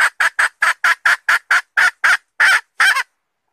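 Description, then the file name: Red junglefowl hen cackling, a rapid series of short, harsh notes, the last few longer and slightly slower, then quiet. Female (hen) calling to find a mate. "tieng ga rung mai keu tim kiem ban tinh"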